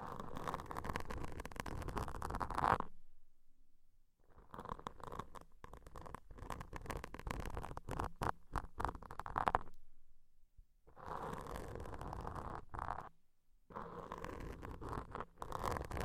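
Deep ear cleaning sounds come as dense bursts of scratching and rustling, loudest in the middle range with crisp edges, broken by short silences near 3, 10 and 13 seconds. Each burst holds steady texture, flickering with quick scraping strokes throughout.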